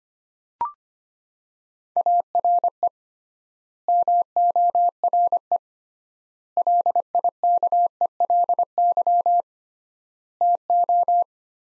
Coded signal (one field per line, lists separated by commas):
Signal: Morse code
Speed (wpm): 25 wpm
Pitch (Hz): 700 Hz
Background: none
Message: ARE MORE LIKELY TO